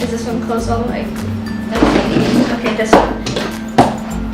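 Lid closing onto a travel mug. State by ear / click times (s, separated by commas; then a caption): seated / 3.8 s. A travel mug's lid is pressed fully closed to seal it. Over music while someone talks, a single sharp pop-crack is heard at 3.8 s as the lid snaps shut, showing it is closed all the way.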